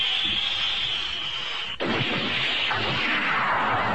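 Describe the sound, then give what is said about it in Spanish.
A thunder sound effect: a loud, steady hiss like heavy rain, then a sudden sharp crack of thunder about halfway through that booms and rumbles on over the continuing downpour. No one speaks. “Mi planeta guardián es Júpiter, que venga la tormenta y el trueno haga temblar.”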